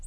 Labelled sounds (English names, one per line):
Colima Warbler flight call